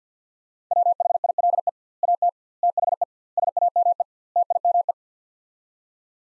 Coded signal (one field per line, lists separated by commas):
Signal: Morse code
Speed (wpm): 50 wpm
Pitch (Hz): 700 Hz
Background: none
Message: WHILE AT THE SAME TIME